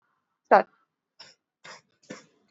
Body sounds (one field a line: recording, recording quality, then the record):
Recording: shallow voluntary cough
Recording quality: poor, much background noise or distortion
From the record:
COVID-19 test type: RT-PCR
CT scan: not taken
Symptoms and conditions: cough, cold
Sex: male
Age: 26 years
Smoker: yes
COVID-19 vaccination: both doses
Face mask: worn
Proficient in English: yes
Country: India